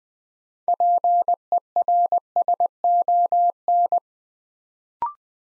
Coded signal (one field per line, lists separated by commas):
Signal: Morse code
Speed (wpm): 20 wpm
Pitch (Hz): 700 Hz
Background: none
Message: PERSON